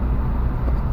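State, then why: Not seated. A plastic fairing trim piece on a Peterbilt truck is handled as it is pushed back toward its housing, over a steady low vehicle rumble with no sharp sounds. Nothing has seated or clicked yet.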